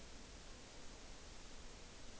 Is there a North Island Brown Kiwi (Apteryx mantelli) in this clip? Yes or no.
no